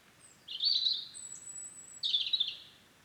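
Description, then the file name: European robin song, two short high warbled phrases joined by a thin sustained whistle, soft hiss behind. "Erithacus rubecula"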